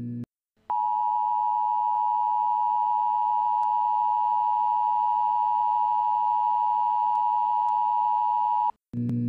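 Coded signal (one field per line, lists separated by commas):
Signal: Emergency Alert System (SAME) tones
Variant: 853 and 960 Hz attention tone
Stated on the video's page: Tornado warning EAS alerts, including two PDS tornado warnings, issued for the Trenton area.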